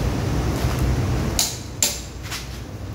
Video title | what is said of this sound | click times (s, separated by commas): Fork alignment, brake alignment - tamang proseso ng pag-reinstall ng front tire | nag-click na yung Torque wrench Alam ko na nahigpitan ko na siya ng 80 foot pounds of Torque | 1.8 s